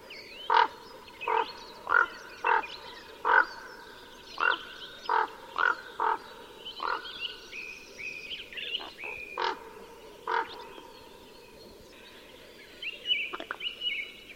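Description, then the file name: Common raven giving a series of harsh, hoarse calls, with thin whistled notes in the background. "voron golos"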